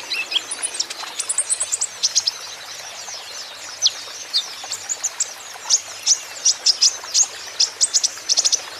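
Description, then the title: Van Hasselt's sunbird produces a rapid, high chip series, several notes each second, in uneven runs, over a constant hiss. Green-plumaged (ijoan) bird singing actively (gacor); song used as a lure and therapy to prompt caged Van Hasselt's sunbirds to sing in reply. "KOLIBRI NINJA KONIN IJOAN GACOR COCOK UNTUK PANCINGAN TERAPI KONIN BAHAN PASTI NYAUT"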